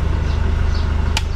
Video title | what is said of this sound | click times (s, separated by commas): Project Update Renovation Jasmine and Linnea Le moubreza phase,3 San antonio (EP-682) | Yun. Okay na un. Lumagitik na. Oo. Tuwid na. | 1.2 s